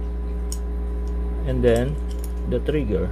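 A spring-loaded lock pin is pressed into a homemade speargun trigger housing, and it snaps into place with a sharp, bright tick at 0.5 seconds. A steady low hum runs underneath, and someone talks afterward. The lock pin is seated.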